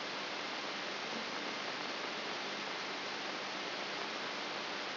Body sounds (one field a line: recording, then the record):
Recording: brain microelectrode recording played as sound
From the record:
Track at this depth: inside the subthalamic nucleus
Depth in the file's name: 1.005 mm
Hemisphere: left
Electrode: 3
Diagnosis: Parkinson's disease